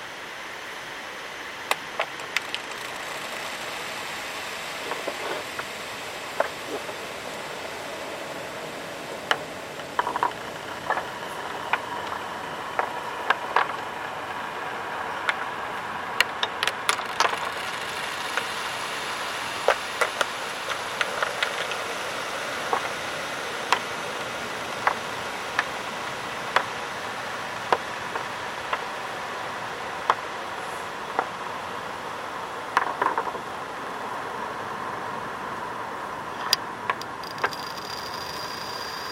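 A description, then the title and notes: Stones and pebbles knock and click on a shore over a steady hiss, with sharp taps arriving irregularly every second or so. A thin, high feedback tone rises in around the middle and holds, with another whine creeping in near the end. An original field recording made with stones & pebbles on the shore, with additional feedback.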